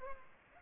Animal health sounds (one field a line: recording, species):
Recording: mosquito wingbeat signal from an infrared sensor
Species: Culex pipiens